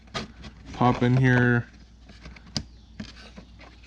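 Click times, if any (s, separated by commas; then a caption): 2.6 s. While reconnecting the steering housing wiring on a Minn Kota 36V trolling motor during a steering housing replacement, the plastic wire connector halves joining the white-to-white and black-to-black wires are pushed together. Someone talks briefly, then a sharp click is heard at 2.6 s as the connector seats, followed by quieter handling sounds.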